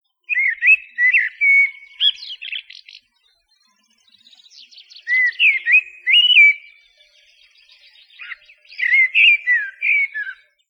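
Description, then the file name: Eurasian blackbird singing three mellow, fluted warbling phrases mixed with thin, scratchy twittering, separated by short pauses. "merlo"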